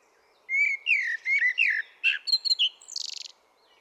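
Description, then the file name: Common blackbird song: a mellow fluted warble of several slurred notes, then a thin, squeaky high twitter closing the phrase; quiet background. "Turdus merula"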